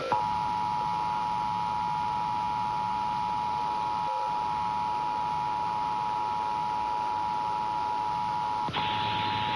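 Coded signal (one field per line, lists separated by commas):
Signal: Emergency Alert System (SAME) tones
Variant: 853 and 960 Hz attention tone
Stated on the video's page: Real Required Monthly Test for all of Texas, as carried on Austin-area TV stations.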